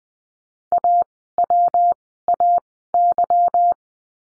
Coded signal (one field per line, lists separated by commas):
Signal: Morse code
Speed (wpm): 20 wpm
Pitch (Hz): 700 Hz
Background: none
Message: AWAY